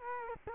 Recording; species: mosquito wingbeat signal from an infrared sensor; Culex quinquefasciatus